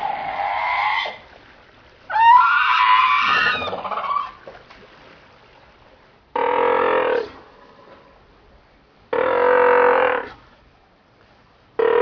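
Northern fur seal giving a harmonic call, then a harsh wavering cry, then two loud harmonic bleats about a second long and the start of a third, separated by quiet gaps.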